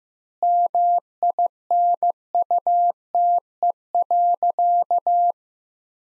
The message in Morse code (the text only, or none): MINUTE.